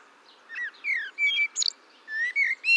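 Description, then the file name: Eurasian blackbird song: short mellow whistles, a slurred descending note and a brief high twitter, followed by further clear whistles. "Turdus merula"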